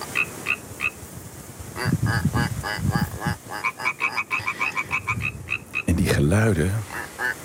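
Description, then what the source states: Frog chorus of quick rattling croaks repeated in short runs, with deeper throaty croaks breaking in now and then. A pond full of frogs near Heraklion, Crete, recorded on holiday; a man holds a back-and-forth conversation with the croaking frogs.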